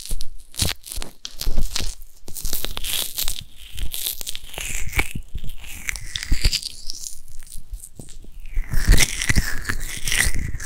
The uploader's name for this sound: ASMR Ear Massage